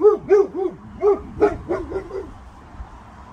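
Boxer dog giving a fast series of barks, several per second, fading into softer barks toward the end.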